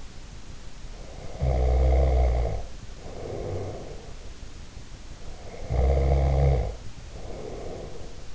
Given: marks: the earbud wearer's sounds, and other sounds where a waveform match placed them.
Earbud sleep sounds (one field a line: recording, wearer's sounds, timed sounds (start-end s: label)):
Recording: sounds in sleep by an in-ear microphone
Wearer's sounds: snoring breath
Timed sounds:
0.91-4.23 s: snoring breath
5.18-8.35 s: snoring breath